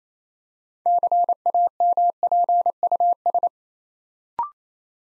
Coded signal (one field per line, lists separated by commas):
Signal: Morse code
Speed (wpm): 27 wpm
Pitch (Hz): 700 Hz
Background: none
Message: CAMPUS